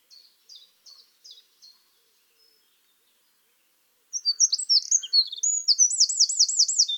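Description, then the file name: Eurasian wren song: a few short high chips, a pause, then a loud rapid jumble of high notes ending in a fast trill. "Troglodytes troglodytes"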